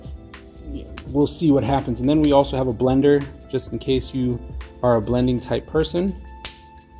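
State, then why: Seated. Someone talks while a plastic cap is pushed onto the barrel of an Azure art marker. The cap closes with a sharp snap at 6.5 s, and the audible snap confirms that the cap is fully closed.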